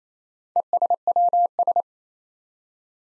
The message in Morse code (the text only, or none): ESWS